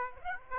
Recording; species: mosquito wingbeat signal from an infrared sensor; Aedes aegypti